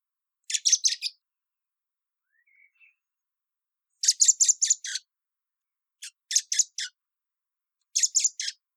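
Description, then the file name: Common blackbird calling: four short bursts of fast, high-pitched clattering notes, separated by pauses. "Turdus merula"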